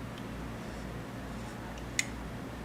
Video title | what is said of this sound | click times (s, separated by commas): beginning trumpet | There's that click, did you hear it? | 2.0 s